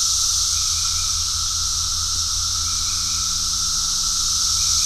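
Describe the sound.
Cicadas in a dense, unbroken hissing chorus with a steady high whine above it, brief faint chirps, and a low rumbling hum underneath.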